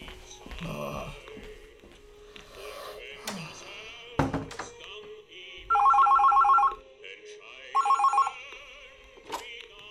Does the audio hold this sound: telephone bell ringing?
yes